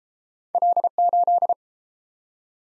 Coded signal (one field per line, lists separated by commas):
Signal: Morse code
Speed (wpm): 30 wpm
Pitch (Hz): 700 Hz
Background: none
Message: L8